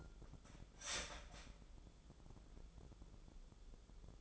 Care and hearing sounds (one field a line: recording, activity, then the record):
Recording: daily activity, microphone in the room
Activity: start toaster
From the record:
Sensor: 5